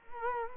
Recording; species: mosquito wingbeat signal from an infrared sensor; Culex quinquefasciatus